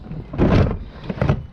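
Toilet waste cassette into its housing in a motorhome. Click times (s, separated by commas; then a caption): 1.2 s. A removable toilet waste cassette is slid back into its housing through the external hatch of a 64-plate Tribute 614 Sport motorhome. A broad scraping, rumbling slide from about 0.4 to 0.7 s is followed by a cluster of sharp knocks around 1.1–1.3 s. The cassette locks into place with the strongest click at 1.2 s.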